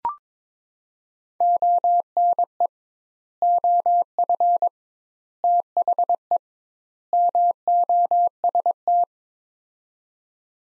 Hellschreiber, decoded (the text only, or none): none